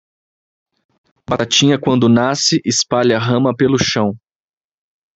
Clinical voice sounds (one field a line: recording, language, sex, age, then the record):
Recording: short text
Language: Brazilian Portuguese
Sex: male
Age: 30 to 39 years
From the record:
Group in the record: control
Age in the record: 31 years